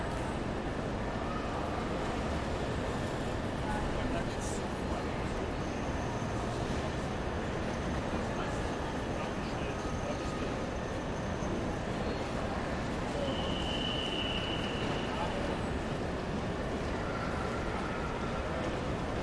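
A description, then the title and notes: A busy main train station in the morning, filled with a dense, steady wash of crowd chatter and rumbling trains. Faint high squeals, likely wheels or brakes, drift in around five and again near fourteen seconds, while the low hum stays constant throughout. Hauptbahnhof - Berlin, Germany. Morning Hauptbahnhof soundscape.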